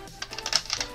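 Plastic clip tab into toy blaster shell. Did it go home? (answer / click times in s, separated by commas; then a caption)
no / none. A plastic clip tab is pressed into the shell of a Nerf Elite 2.0 Commander foam-dart blaster during reassembly, its tip catching in a hole instead of on its intended hook. A quick series of light plastic ticks and rattles is heard over a low background, sharpest around 0.5 to 0.8 seconds. Nothing has seated or clicked home yet when the clip ends.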